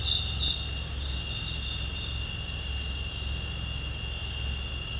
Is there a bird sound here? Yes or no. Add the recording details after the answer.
no. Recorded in pastures near Puerto Asís, Putumayo, Colombia, on 20 December 2024 at 18:30. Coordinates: 0.466, -76.322. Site G040